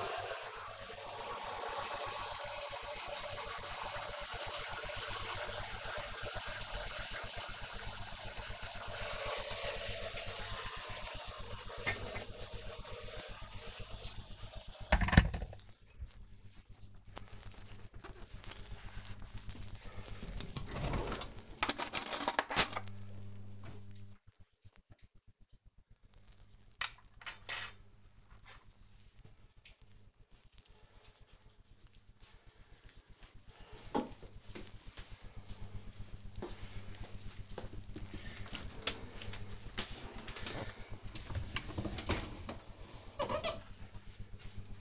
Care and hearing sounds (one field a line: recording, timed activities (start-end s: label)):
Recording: household activities, microphone on the right wrist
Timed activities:
0.00-15.12 s: making tea
38.28-44.81 s: cleaning out the dishwasher